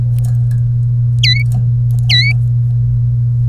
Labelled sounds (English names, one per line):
Domestic Canary song